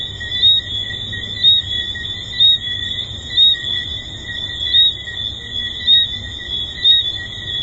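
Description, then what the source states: Tree frogs: a dense high chorus with whistled notes rising above it about once a second. Tree frogs recorded at Hedonism II resort.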